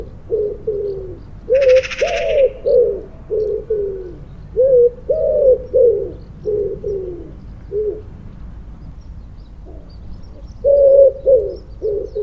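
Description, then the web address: Bird giving soft, low, hollow coos in short repeated phrases, with a brief high rustling burst near the start and pauses between groups. "cianscape. Deverinetal. Bird Only"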